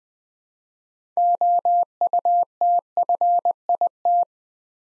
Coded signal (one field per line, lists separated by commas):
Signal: Morse code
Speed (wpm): 20 wpm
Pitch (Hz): 700 Hz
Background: none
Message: OUTFIT